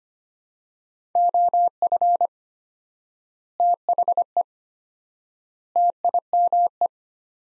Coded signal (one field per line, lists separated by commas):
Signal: Morse code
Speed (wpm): 25 wpm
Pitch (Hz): 700 Hz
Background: none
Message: OF THE TIME